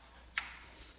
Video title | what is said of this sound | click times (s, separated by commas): iMRS 2000 PEMF Getting Started #3 (Basic iMORE Training) | you'll just click all the way in you'll hear like a nice little click and it should be very flush | 0.4 s